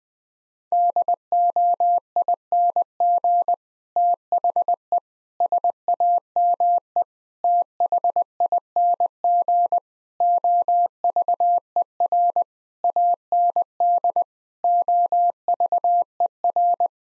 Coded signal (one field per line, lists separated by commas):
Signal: Morse code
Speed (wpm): 20 wpm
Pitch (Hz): 700 Hz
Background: none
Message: DOING THE SAME THING OVER AND OVER